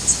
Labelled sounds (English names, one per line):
Cerulean Warbler flight call